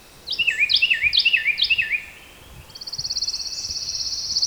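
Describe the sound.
Carolina wren song, about four quick repeated whistled phrases, followed by a high, even buzzy trill.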